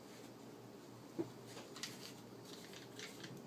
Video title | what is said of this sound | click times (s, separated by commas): How to Field Strip and Clean Taurus PT145 Pro Millennium | You may have to wiggle it a little bit, but it just snaps right into place. | 1.8 s